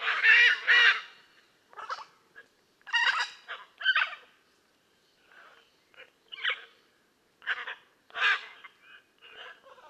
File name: Blue and yellow Macaw Ara ararauna